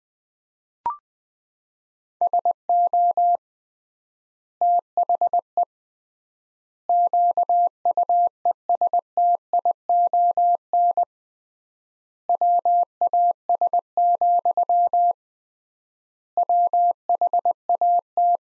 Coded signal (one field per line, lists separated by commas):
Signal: Morse code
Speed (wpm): 20 wpm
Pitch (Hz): 700 Hz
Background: none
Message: SO THE QUESTION WAS, WHAT